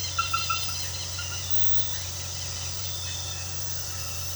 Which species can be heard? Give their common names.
Southern Lapwing